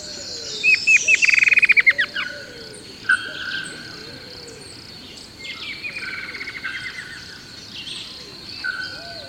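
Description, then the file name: Bird calling: a fast descending run of sharp notes at the start, a single loud note, then softer rattled series, with lower curving calls and constant insect noise. "SABIOD 50 bird 2015"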